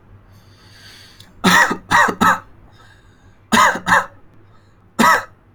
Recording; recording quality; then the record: heavy voluntary cough; moderate, slight background noise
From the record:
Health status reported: healthy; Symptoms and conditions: none ticked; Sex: male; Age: 19 years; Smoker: not ticked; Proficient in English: yes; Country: India